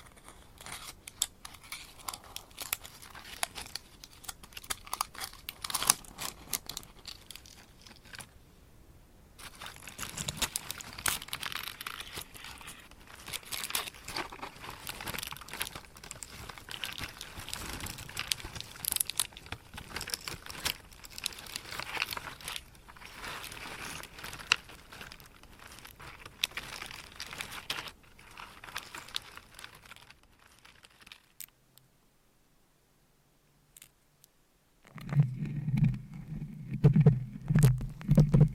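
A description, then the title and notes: Dense scratching and crinkling sounds, bright and papery, with brief pauses around 9 seconds and near silence from about 31 to 35 seconds. After that, louder, lower tapping and rubbing begins in a rapid, uneven rhythm to the end. ASMR Scratching , Tapping & Massage with DIFFERENT Mics , Items & Nails No Talking.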